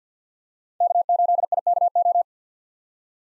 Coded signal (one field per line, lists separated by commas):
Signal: Morse code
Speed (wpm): 50 wpm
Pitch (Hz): 700 Hz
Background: none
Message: K8IKO